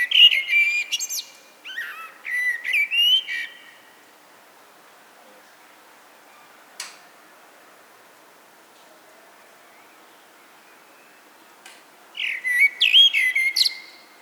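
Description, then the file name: Eurasian blackbird song: mellow fluted whistled phrases, each ending in a high squeaky twitter, two phrases at the start and another after a long quiet gap. "Turdus merula"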